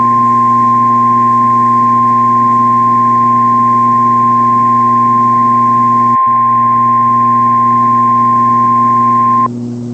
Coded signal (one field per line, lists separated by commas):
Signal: Emergency Alert System (SAME) tones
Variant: 853 and 960 Hz attention tone